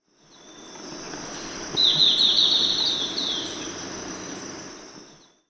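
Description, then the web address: Golden-faced tyrannulet call: a rapid, twittering run of high chattering notes lasting under two seconds, with a steady thin insect-like whine and hiss behind. Ecuador. "Natures Songs S America Birds of Ecuador Golden-Faced Tyrannulet"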